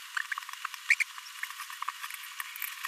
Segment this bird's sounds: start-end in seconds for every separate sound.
0.90-0.95, 1.00-1.03